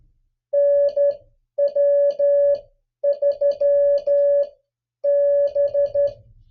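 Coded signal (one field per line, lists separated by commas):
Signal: Morse code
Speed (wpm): 11 wpm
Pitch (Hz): 570 Hz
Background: music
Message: NW3B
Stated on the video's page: Mixed USA and DX call sign copy practice in Morse at three different speeds.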